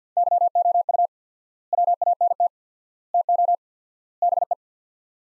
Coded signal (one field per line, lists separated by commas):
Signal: Morse code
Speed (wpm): 48 wpm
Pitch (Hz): 700 Hz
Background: none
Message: YOU WANT TO BE